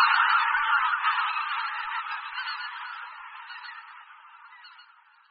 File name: Husa polní